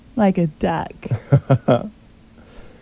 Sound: laughs